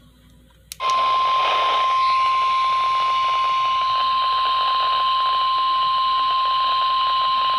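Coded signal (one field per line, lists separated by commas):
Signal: Emergency Alert System (SAME) tones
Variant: 1050 Hz attention tone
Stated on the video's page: Real received alerts: severe thunderstorm warnings and watches for the Omaha (OAX) forecast area.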